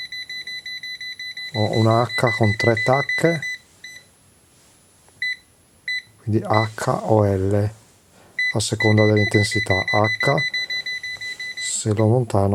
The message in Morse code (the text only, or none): none